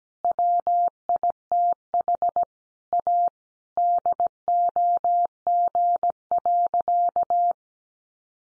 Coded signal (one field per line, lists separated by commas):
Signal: Morse code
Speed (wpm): 17 wpm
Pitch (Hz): 700 Hz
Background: none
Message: WITH A DOG.